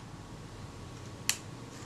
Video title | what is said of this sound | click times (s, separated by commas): Kodak Retina IIa, the warthog edition, part 01 | as you hear that click | 1.3 s